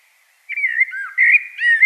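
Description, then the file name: Common blackbird: a short burst of rich, wavering whistles, slurring up and down in a smooth, flute-like warble. "Turdus merula"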